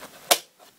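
The plastic dust bag housing of a 1990 Electrolux 616 Electronic Z616AE canister vacuum cleaner is put back into the vacuum body. A single sharp, bright click sounds at 0.3 s against faint background noise, followed by a soft rustle. The bag housing is seated firmly in place.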